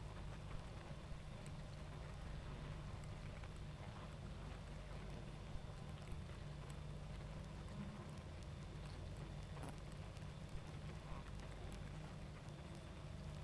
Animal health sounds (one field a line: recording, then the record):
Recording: honeybee colony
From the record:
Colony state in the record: active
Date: 28 July 2017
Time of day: 21:29